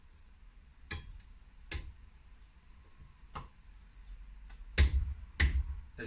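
A torque wrench tightens the connecting rod big end cap bolts on a 350cc Triumph/BSA bottom end, with both bolts pulled at the same time so one side isn't over-torqued. Several short, sharp ticks come first, near 0.9, 1.7 and 3.4 seconds. The wrench then breaks with its loudest click at 4.8 seconds, reaching its 27 ft-lb setting.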